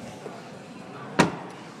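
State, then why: Seated. A folding rear seat cushion in the cab of a 2012 Honda Ridgeline pickup is pushed back down into its floor latch. Under a low, steady background, a faint knock comes at about 0.3 s, then a single sharp click at 1.2 s as the latch engages and the seat is seated.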